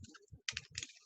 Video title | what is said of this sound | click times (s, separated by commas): Back to Home School with Essential Oils! | pop the little plastic piece off here. And then I pop this one off. | 0.5 s